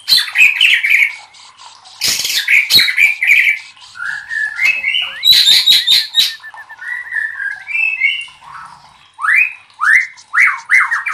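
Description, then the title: White-rumped shama song: a rich, fast medley of chirps, sweet whistles, and harsh chatter. It ends with a run of loud, rising whistled slurs repeated in quick succession. Cage-bird training (masteran) song. "MASTERAN MURAI BATU LABAIK"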